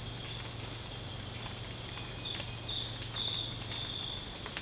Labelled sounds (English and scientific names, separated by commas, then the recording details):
none
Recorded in secondary vegetation near Puerto Asís, Putumayo, Colombia, on 12 March 2025 at 05:30
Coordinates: 0.485, -76.322
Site G040